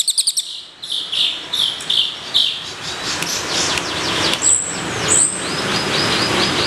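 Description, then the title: Bird chirps, a string of short high notes repeated several times, followed by two sharp high whistles over background noise. "SUARA BURUNG"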